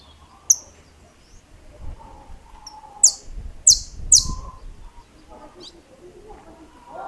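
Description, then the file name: Saffron finch song: scattered sharp, high, downslurred chirps, three of them in quick succession midway, with soft low background sounds. "Canto-do-Canário-da-Terra"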